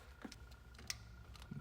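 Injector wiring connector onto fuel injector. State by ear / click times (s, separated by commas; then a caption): seated / 0.9 s. A plastic electrical wiring connector is pushed onto a top-feed fuel injector on a 2011 STi during an IAG fuel system and ID 1050x injector install. It gives a sharp click at 0.9 s as it seats, with a few softer ticks around it and a low steady hum underneath. The connector is confirmed seated.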